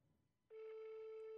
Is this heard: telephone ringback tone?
yes